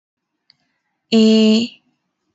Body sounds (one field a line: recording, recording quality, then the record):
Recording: sustained vowel as in made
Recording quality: excellent, no background noise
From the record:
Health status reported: healthy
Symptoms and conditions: none ticked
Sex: female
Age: 26 years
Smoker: not ticked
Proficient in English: yes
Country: India